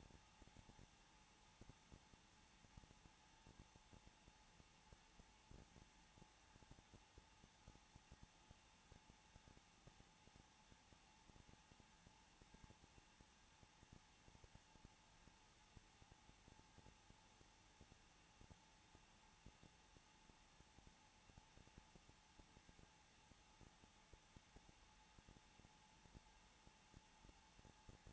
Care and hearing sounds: daily activity, microphone in the room; no activity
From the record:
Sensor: 1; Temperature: 20.2 degrees Celsius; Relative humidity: 35.7%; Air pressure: 994.5 hPa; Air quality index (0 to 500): 182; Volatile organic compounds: 7 ppm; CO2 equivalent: 1999 ppm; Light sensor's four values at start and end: 1/2/1/1 and 1/2/1/1

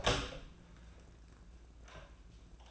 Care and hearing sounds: daily activity, microphone in the room; open door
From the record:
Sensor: 2

